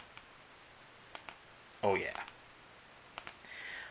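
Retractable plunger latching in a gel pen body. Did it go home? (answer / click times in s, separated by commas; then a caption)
yes / 3.2 s. The push-button plunger on a metal-bodied gel pen is pressed in to extend the tip, producing a few small, sharp clicks and a brief spell of someone talking. At 3.2 s it clicks and latches, locking into place with very noticeable positive feedback.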